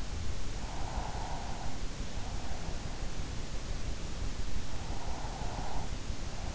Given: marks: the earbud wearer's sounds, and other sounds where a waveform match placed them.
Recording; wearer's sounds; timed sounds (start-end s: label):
sounds in sleep by an in-ear microphone; breath
0.18-2.07 s: breath
4.24-6.41 s: breath